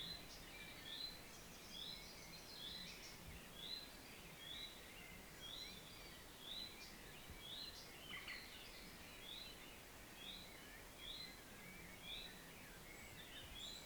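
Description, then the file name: Common chaffinch giving short, high, upslurred call notes repeated about once a second, faint above a steady background hiss. "Fringilla coelebs"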